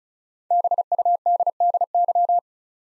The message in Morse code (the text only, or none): BUDDY